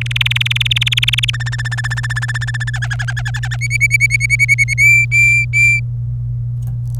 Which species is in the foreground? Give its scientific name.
Serinus canaria